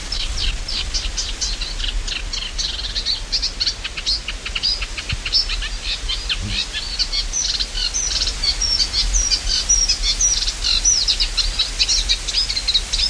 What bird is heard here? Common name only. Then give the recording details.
Eurasian Reed Warbler. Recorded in the wild. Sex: male. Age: adult. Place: Mühlenbeck, Brandenburg, DE. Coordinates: 52.6928, 13.395. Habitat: lake. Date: 1991-07-28 11:50. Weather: sunny, 22-24°C, gusty winds. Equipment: Marantz CP 430, Kopie Tesla B 116. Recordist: Tembrock, Günter